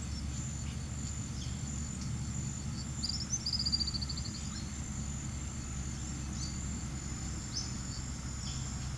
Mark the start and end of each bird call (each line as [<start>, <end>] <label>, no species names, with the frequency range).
[0.00, 1.57] bird call (1.6-6.6 kHz)
[2.93, 4.67] bird call (2.6-6.9 kHz)
[6.28, 6.61] bird call (4.0-6.8 kHz)
[7.46, 8.01] bird call (3.3-6.7 kHz)
[8.34, 8.82] bird call (2.6-6.4 kHz)